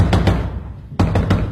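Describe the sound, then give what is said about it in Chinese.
Someone knocks on a door, demanding that it be opened: two sharp raps, a short pause, then three more firm knocks in quick succession, with no voices. “开门呀，你听见了没有？你倒是开门呀，开门呀你。 别吵了，你会把全城都吵醒的。”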